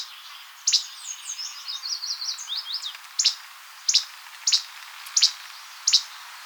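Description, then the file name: Least Flycatcher: a single sharp, high note, a brief twittering of thin high notes, then a series of sharp notes about every two-thirds of a second. "Least Flycatcher - Empidonax minimus"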